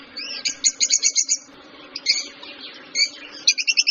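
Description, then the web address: Fischer's lovebird giving shrill, high chirps in quick bursts, a rapid run of several notes, then scattered squeaks and a final fast series of sharp chirps. "golosa ptic kak poyut popugai nerazlucniki agapornis. parrots agapornis-fischeri"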